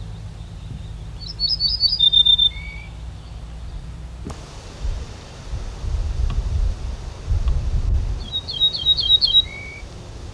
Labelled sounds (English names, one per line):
Ortolan Bunting song